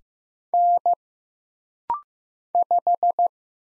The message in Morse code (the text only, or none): N 5